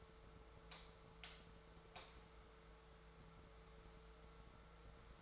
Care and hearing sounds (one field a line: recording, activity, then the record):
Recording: daily activity, microphone in the room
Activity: light on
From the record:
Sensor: 3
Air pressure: 1014.6 hPa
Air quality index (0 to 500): 184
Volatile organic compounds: 20 ppm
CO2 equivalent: 2680 ppm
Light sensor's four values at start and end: 26/64/27/29 and 24/62/26/27